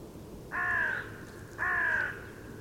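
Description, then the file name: Carrion crow calling two hoarse, flat caws about a second apart, each roughly half a second long. "Corvus corone"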